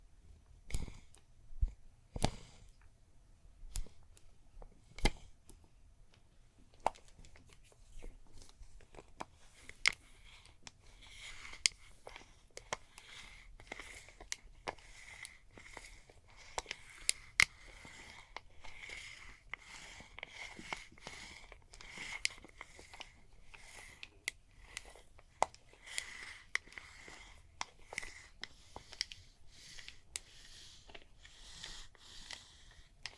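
Neck and shoulder massage sounds: sparse sharp taps at first, then denser crisp clicks over a steady thin rubbing tone from about ten seconds.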